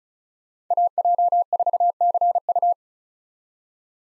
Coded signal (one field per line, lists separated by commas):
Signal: Morse code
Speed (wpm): 46 wpm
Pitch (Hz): 700 Hz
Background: none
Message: AJ4CU